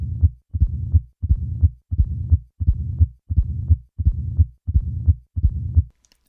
Pure mitral stenosis at a heart rate of 85 beats per minute. A soft second heart sound and a loud first heart sound and loud opening snap, and then add the murmur. Notice how easy it is to mistake this for a systolic murmur.